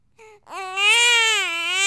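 A short whimper is followed by a sustained, high-pitched wail with strong, evenly spaced overtones, the typical voiced cry of an infant. It is a sound effect of ordinary baby crying from the Hollywood Edge sound effects library.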